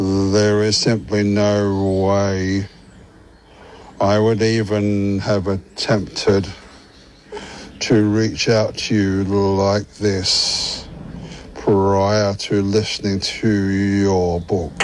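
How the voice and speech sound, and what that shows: An adult man speaks slowly and deliberately, with pauses of over a second breaking up the sentence and several drawn-out words and sounds. This halting, stretched speech pattern fits adult stuttering.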